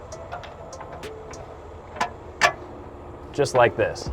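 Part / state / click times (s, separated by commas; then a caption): carriage bolt into roof rack crossbar channel / not seated / none. A carriage bolt and the hole in a shelf are being lined up with the bottom of a roof rack crossbar channel, part of a Razor Rack box mounting kit for a VanUp box on a Promaster or Transit, before the bolt is pushed in. Someone talks briefly over a low, steady background hum, with no distinct hits. Nothing has seated or clicked yet.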